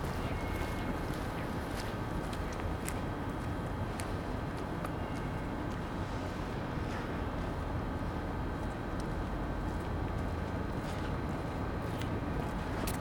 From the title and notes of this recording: Captured early in the morning on a cold station platform. The temperature is -3c and the people waiting for the train are wearing winter clothing.